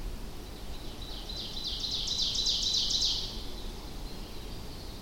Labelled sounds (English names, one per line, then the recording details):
Ovenbird song
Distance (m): 50 m
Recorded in boreal forest in Alberta, Canada, on 25 June 2016 at 07:13
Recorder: SongMeter 3, array SBT-6-76
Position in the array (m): 302 m, 86 m
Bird 1